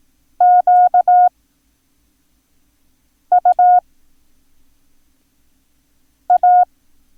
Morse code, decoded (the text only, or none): QUA